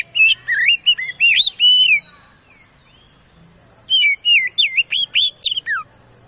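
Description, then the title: Oriental magpie-robin song, two phrases of rich, wavering whistles and quick slurred notes, each lasting about two seconds, separated by a pause. Lure song used to provoke a rival magpie-robin into responding and fighting. "KACER NGOTOT FULL TEMBAKAN. Suara Pancingan Kacer Ngeplong Gacor Santai Manggil Lawan"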